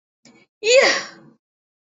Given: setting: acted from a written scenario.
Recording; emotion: vocal sound without words; pride